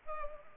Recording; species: mosquito wingbeat signal from an infrared sensor; Anopheles arabiensis